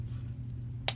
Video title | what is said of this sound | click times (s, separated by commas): Transformers Bumblebee: Cyberverse Adventures OPTIMUS PRIME Review! "That's Just Prime!" Ep. 192! | that, and it's going to snap into place, and now you can turn it around. | 0.9 s